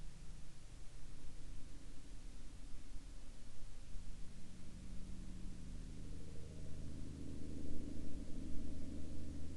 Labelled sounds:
man-made sound
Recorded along the Dempster Highway, Canada, on 6 April 2019 at 10:12
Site 23

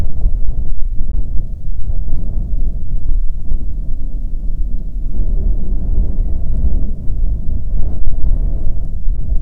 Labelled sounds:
wind
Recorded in the Prudhoe Bay oil fields, Alaska, on 5 June 2019 at 00:02
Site 13

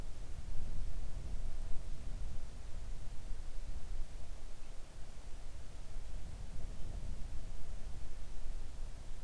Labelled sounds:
near silence
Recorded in the Arctic National Wildlife Refuge, Alaska, on 3 August 2019 at 05:22
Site 41

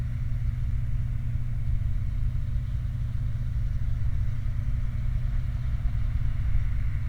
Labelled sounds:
truck
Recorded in the Prudhoe Bay oil fields, Alaska, on 29 July 2019 at 00:04
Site 29

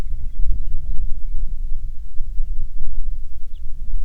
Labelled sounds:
songbird, wind
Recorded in the Prudhoe Bay oil fields, Alaska, on 6 June 2019 at 04:10
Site 16

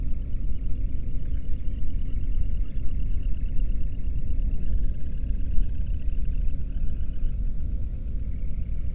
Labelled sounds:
bird
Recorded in the Prudhoe Bay oil fields, Alaska, on 13 June 2019 at 00:33
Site 30

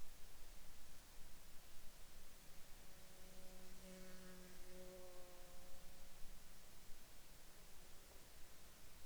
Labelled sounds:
insects
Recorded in Ivvavik National Park, Yukon, on 4 July 2019 at 23:29
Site SINP03

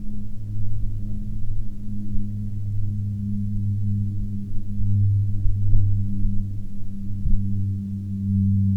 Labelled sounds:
aircraft
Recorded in the Prudhoe Bay oil fields, Alaska, on 12 June 2019 at 10:20
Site 11

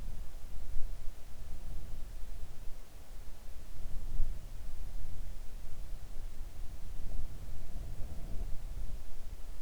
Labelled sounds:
wind
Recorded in the Arctic National Wildlife Refuge, Alaska, on 3 August 2019 at 05:19
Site 41

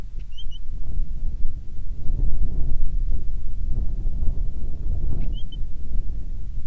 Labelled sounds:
bird, wind
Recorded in the Prudhoe Bay oil fields, Alaska, on 10 July 2019 at 09:59
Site 11

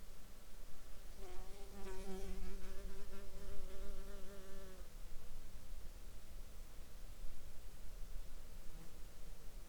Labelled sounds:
insects
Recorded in the Arctic National Wildlife Refuge, Alaska, on 17 July 2021 at 11:16
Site 40

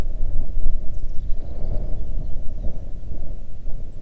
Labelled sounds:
songbird, wind
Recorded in the Arctic National Wildlife Refuge, Alaska, on 3 June 2019 at 05:20
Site 37

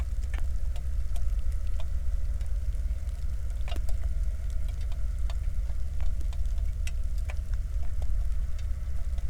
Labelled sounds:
flare stack, rain
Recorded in the Prudhoe Bay oil fields, Alaska, on 1 August 2019 at 02:01
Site 25

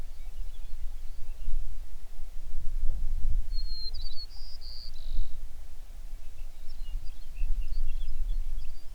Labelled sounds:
songbird
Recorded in the Prudhoe Bay oil fields, Alaska, on 11 June 2019 at 05:07
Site 21

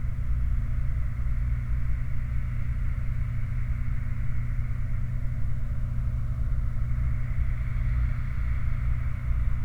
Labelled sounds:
machinery, flare stack
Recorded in the Prudhoe Bay oil fields, Alaska, on 28 July 2019 at 23:56
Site 29

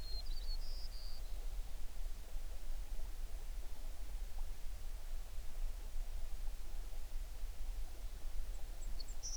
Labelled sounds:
songbird
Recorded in the Prudhoe Bay oil fields, Alaska, on 11 June 2019 at 05:34
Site 21

